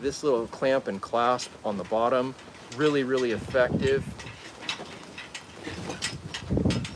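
Someone talks while handling the small clamp-and-clasp latch on the bottom of a machined case or stand being unboxed, followed by a few short taps and knocks from about 4.7 s to the end. The latch is being closed but has not yet clicked or seated by the end of the clip.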